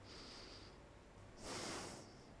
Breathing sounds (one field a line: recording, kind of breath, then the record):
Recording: one breath in and out by a microphone near the nose and mouth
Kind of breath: deep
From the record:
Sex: male